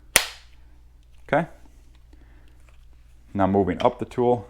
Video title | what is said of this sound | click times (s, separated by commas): Rigid R862311 Impact Driver Tutorial and Bit Change | slide it in until you hear a click | 0.2 s